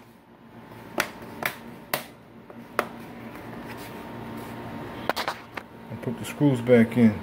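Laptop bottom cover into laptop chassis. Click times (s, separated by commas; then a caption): 1.0 s, 1.5 s, 1.9 s, 2.8 s. The plastic bottom cover of an Asus TP500L laptop, lined up with the screw holes, is pressed down around its edges until its clips snap into the chassis. Short, sharp clicks sound at 1.0, 1.46, 1.94 and 2.79 seconds, and the cover is seated. Someone talks near the end.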